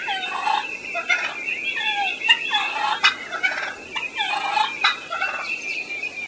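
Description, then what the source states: Turkey clucking and purring: sharp, short cluck notes break up soft, rolling purrs that wobble in pitch throughout. Calls given are clucks and purrs.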